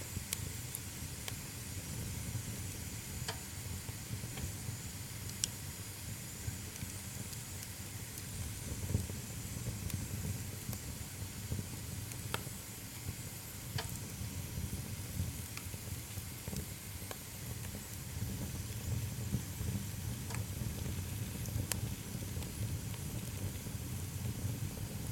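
A fire burns in a stove with a steady low rumble and a soft hiss that barely changes over the whole stretch. Scattered sharp crackles and pops break through every second or two, some brighter snaps standing out around the middle and near the end.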